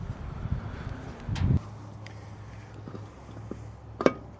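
A torque converter is pushed and twisted onto an automatic transmission input shaft, with low rumbling and scraping as it works onto the internal splines. Sharp metallic clunks at 4.0 and 4.1 seconds mark it dropping onto the splines and seating.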